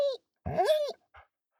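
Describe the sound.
Dog whining: a steady high whimper that drops away, then a longer wavering whine rising and falling, with a soft short sound at the end.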